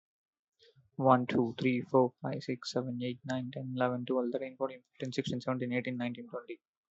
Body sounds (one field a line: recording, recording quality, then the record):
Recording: counting at a fast pace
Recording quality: excellent, no background noise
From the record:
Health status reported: healthy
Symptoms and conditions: none ticked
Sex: male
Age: 24 years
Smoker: not ticked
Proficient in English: yes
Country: India